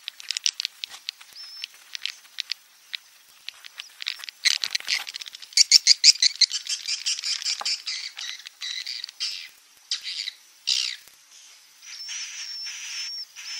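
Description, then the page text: Swiftlet twittering: dense high chirps and rapid clicking bursts, louder in the middle, ending with a sustained thin buzzy chirp. Roosting ("inap") lure call played to attract swiftlets to swiftlet houses; call style named "INAP BJA". "Suara Burung Walet sufar sinar 77 Suara Panggil, Suara Inap Dan Tarik. INAP BJA"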